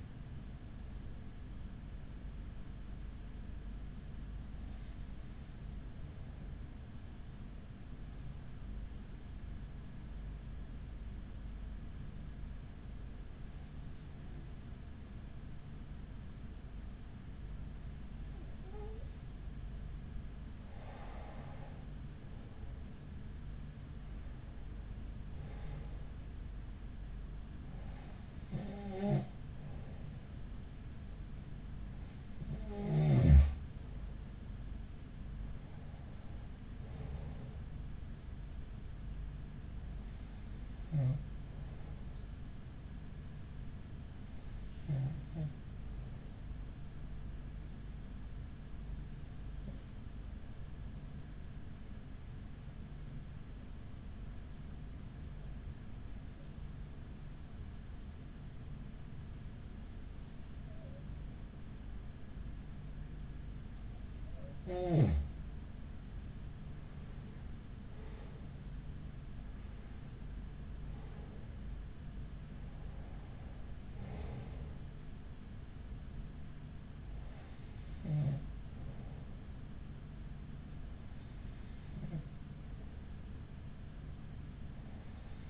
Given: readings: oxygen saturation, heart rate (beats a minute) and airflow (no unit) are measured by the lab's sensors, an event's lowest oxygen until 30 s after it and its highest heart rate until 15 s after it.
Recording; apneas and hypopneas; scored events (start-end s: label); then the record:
breathing in sleep by a smartphone at the bedside; 2
6.00-24.50 s: hypopnea (N1, oxygen 96% highest, then 92% lowest, heart rate 43 at the start, 49 highest)
22.00-85.50 s: new sleep stage, N2 (light sleep)
49.00-68.60 s: hypopnea (N2, oxygen 94% highest, then 93% lowest, heart rate 46 at the start, 51 highest)
From the record:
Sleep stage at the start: N1 (lightest sleep); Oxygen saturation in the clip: 92 to 96%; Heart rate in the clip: 42 to 52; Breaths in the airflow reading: 22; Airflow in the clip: -5.9 to 7.4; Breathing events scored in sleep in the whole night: 207 in 7.6 hours asleep